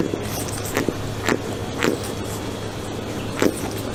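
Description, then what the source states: Pufferfish biting, with several scattered crunching clicks over a constant low hum. Pufferfish eating carrots.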